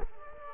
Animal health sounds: mosquito wingbeat signal from an infrared sensor; Culex quinquefasciatus

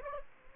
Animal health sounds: mosquito wingbeat signal from an infrared sensor; Aedes aegypti

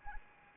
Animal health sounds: mosquito wingbeat signal from an infrared sensor; Anopheles arabiensis

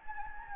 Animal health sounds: mosquito wingbeat signal from an infrared sensor; Anopheles gambiae

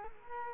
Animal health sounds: mosquito wingbeat signal from an infrared sensor; Culex quinquefasciatus

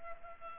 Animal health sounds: mosquito wingbeat signal from an infrared sensor; Culex pipiens

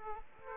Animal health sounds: mosquito wingbeat signal from an infrared sensor; Aedes aegypti

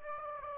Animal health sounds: mosquito wingbeat signal from an infrared sensor; Aedes aegypti

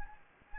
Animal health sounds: mosquito wingbeat signal from an infrared sensor; Anopheles gambiae

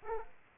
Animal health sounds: mosquito wingbeat signal from an infrared sensor; Aedes aegypti

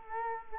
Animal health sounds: mosquito wingbeat signal from an infrared sensor; Culex quinquefasciatus

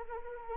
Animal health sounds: mosquito wingbeat signal from an infrared sensor; Anopheles arabiensis

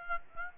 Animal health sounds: mosquito wingbeat signal from an infrared sensor; Aedes aegypti

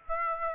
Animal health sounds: mosquito wingbeat signal from an infrared sensor; Aedes aegypti

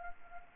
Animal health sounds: mosquito wingbeat signal from an infrared sensor; Anopheles arabiensis

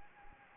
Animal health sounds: mosquito wingbeat signal from an infrared sensor; Anopheles gambiae

